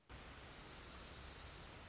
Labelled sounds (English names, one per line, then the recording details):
Dark-eyed Junco
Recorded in Sonoma County, California